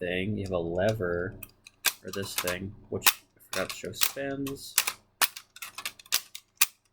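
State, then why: Seated. A plastic lever on a toy transformation belt is worked back and forth after someone talks, making a run of sharp plastic clicks and clacks. It snaps into its locked position with the loudest hit at 6.6 s.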